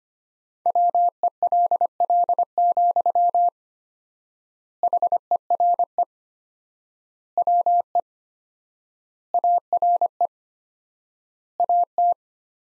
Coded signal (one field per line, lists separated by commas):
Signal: Morse code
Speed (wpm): 25 wpm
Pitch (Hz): 700 Hz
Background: none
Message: WELL, HERE WE ARE AT